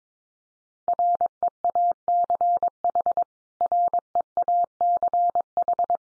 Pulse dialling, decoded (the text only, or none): none